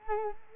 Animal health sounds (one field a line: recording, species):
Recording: mosquito wingbeat signal from an infrared sensor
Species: Culex quinquefasciatus